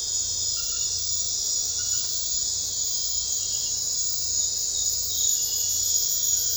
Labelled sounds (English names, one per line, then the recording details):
none
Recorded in secondary vegetation near Puerto Asís, Putumayo, Colombia, on 21 December 2024 at 21:30
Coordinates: 0.498, -76.327
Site GP07